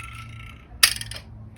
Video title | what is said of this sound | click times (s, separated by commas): Glock 19 เพิ่มความจุ แม็กกาซีน+5 | ดันให้เข้าล็อคล็อค | 0.8 s